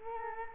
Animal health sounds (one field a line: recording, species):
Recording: mosquito wingbeat signal from an infrared sensor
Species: Culex quinquefasciatus